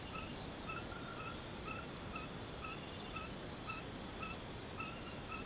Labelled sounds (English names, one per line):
none